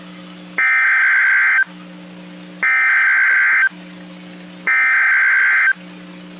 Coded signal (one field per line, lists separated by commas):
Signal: Emergency Alert System (SAME) tones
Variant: header bursts